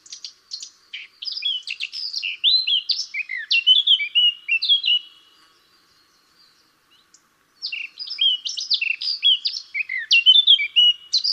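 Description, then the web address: Eurasian blackcap song in two bursts of varied, quick warbling notes, separated by a pause of about two seconds. "SETE data Sylvia atricapilla"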